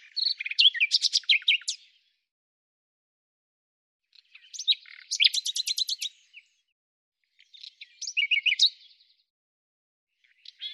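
Bird song in three quick, jumbled phrases of high chirps and trills with silent gaps, and a fourth phrase starting at the end; no other sounds.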